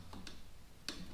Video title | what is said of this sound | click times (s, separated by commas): How to Mighty Mouse Catch Can Install on my ZR1 Corvette | that's relatively easy it just snaps into place | 0.9 s